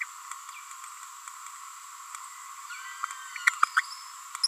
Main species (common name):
Green-rumped Parrotlet